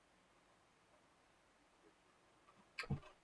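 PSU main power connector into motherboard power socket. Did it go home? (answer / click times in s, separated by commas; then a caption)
yes / 2.8 s. A 24-pin plastic ATX power connector from a Thermaltake TR2 S 700W power supply is pushed down into the motherboard power socket while a helper steadies the board. After near-silence, a small, faint click sounds at 2.8 s, followed by a little brief rustle. The connector is fully seated with no gap above the motherboard, though the power supply is not yet powered.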